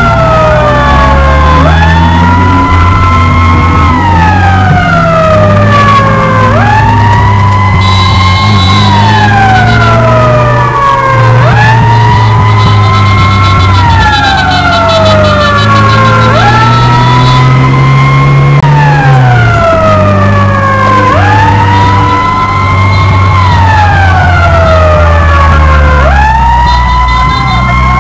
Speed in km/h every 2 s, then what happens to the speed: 21, 24, 35, 36, 37, 43, 35, 33, 34, 41, 53, 51, 47, 41.
0-9 speeds up to 43. 11-13 brakes to 33. 16-20 speeds up to 53. 20-28 slows to 41.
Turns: none.